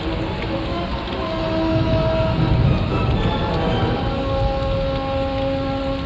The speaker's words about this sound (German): Unter dem peitschenden Regen schwingen die Baumkronen hin und her, wie die Dünen auf hoher See.